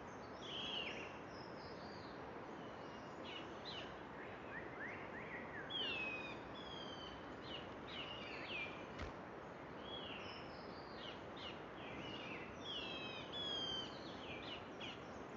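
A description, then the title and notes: Many birds chirp and whistle in an early morning chorus over a steady low rumble, with a brief sharp knock near nine seconds. Sound of the Garhwal Himalayas. Early morning, you'd rise to bird choruses.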